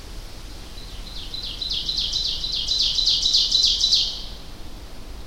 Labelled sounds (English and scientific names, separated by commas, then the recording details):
Ovenbird (Seiurus aurocapilla) song
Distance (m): 15 m
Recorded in boreal forest in Alberta, Canada, on 25 June 2016 at 07:49
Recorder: SongMeter 3, array SBT-6-76
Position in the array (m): 301 m, 78 m
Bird 1